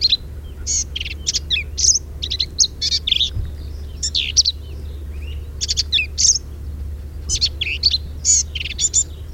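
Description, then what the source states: Black-capped vireo delivering a busy, jumbled song of high squeaky, scratchy and whistled notes in quick, uneven phrases, almost without pause, against faint low background rumble. Recorded 10 May 2007.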